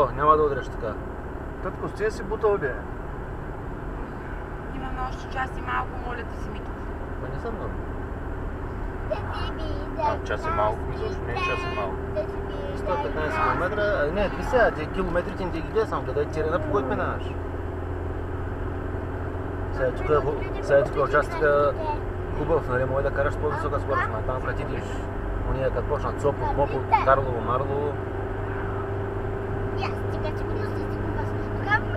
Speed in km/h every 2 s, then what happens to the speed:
54, 56, 57, 58, 59, 60, 62, 63, 65, 67, 69, 71, 73, 74, 76, 78.
0-32 speeds up to 78.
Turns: none.